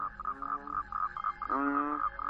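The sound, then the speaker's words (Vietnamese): Repeated pulsing calls of toads and frogs at night, just past midnight, a steady rhythmic chorus with a lower droning croak joining partway through, moderately loud with no talking. “tiếng cóc nhái nó kêu ở đâu, làm cho thằng Trung giật mình tỉnh giấc”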